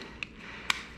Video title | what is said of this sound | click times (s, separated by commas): The 6 Hour Bike Tune! | and oh nice it just it just snapped in place | 0.2 s, 0.7 s